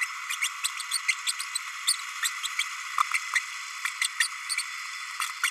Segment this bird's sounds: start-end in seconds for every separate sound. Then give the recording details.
0.41-0.49, 0.63-0.68, 0.91-0.99, 1.08-1.14, 1.26-1.33, 1.87-1.96, 2.23-2.30, 2.43-2.48, 2.58-2.63, 4.01-4.08, 4.20-4.28, 4.49-4.56, 4.57-4.63, 5.20-5.26, 5.43-5.51. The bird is a male. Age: 30 days. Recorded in a nest box in Venezuela. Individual 17B32A6